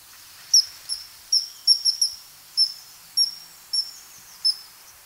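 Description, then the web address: Bird calls: short, high, sharp chirps spaced about every half second, sometimes doubled, over a steady soft hiss. "az brid sounds"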